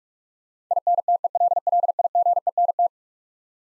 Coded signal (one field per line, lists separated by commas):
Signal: Morse code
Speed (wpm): 42 wpm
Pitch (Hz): 700 Hz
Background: none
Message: INTELLIGENT